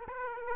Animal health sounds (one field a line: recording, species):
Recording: mosquito wingbeat signal from an infrared sensor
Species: Aedes aegypti